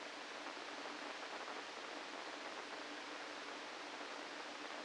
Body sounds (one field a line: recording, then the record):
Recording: brain microelectrode recording played as sound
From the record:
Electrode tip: inside the subthalamic nucleus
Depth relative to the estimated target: -2 mm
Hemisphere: right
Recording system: NeuroSet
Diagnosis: Parkinson's disease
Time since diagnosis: 8 years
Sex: male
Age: 65 years